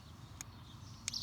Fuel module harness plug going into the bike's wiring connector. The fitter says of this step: Yes, that's it. Until it clicks. And now you have the connection.